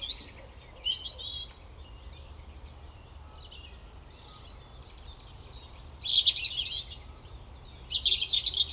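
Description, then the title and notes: European robin singing: a burst of thin, tumbling high phrases, a long pause, then more sparkling warbled phrases near the end over a low steady rumble. Koniówka, Lesser Poland, Poland; Zoom F3 recorder with Usi Pro drop rig. "Koniówka, województwo małopolskie, Polska - Robin, King of the Petland. Recordist: Maciej Wirmański"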